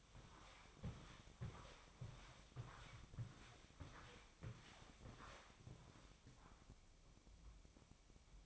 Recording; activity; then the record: daily activity, microphone in the room; walk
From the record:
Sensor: 1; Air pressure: 1000.5 hPa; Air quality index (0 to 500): 173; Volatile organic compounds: 4 ppm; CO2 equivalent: 1601 ppm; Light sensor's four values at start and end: 14/33/14/16 and 15/36/15/17